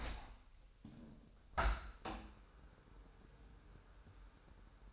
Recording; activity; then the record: daily activity, microphone in the room; open window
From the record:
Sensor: 2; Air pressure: 1000.0 hPa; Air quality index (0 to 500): 227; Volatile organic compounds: 58 ppm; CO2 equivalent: 3393 ppm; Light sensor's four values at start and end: 8/20/8/8 and 9/21/8/8